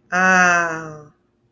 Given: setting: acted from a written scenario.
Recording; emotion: vocal sound without words; realization